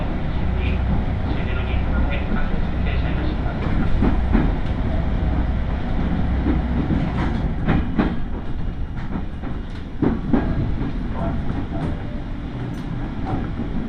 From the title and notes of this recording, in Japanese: 東海道本線各駅停車 豊橋→西岡崎。最近は運用も減っている311系特有の加速感が分かると思います。